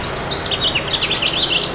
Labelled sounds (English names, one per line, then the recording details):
House Finch song
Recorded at Patchogue on Long Island, New York, on 21 June 2013
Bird B